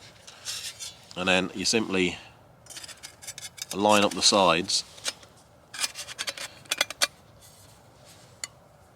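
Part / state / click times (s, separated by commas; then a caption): metal side panel into back panel of a folding camp stove / seated / 8.4 s. The side panel of a folding metal camping stove is lined up with its back panel and pushed together while someone talks, with light metallic scrapes and clinks as the pieces meet. The panel locks into place with a sharp click at 8.4 seconds.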